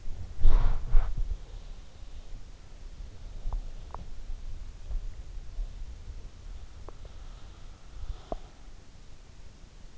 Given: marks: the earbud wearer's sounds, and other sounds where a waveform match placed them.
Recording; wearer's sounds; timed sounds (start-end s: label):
sounds in sleep by an in-ear microphone; body movement, teeth grinding
0.00-2.16 s: body movement
2.97-4.58 s: teeth grinding
8.06-8.67 s: teeth grinding